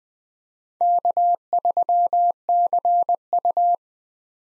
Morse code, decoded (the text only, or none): K3CU